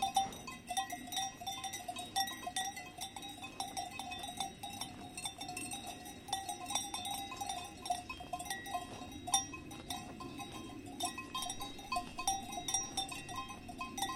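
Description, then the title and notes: Cows feeding, with a dense wash of rustling beneath continuous, irregular clinks of cow bells. Cows feeding with clanking cow bells on a walk at Valle Pramper in the Dolomites. "The curious cows of Valle Pramper. On a walk in the Dolomites at Valle Pramper, we record cows feeding, with the clank of their cow bells. Recorded by Cities and Memory"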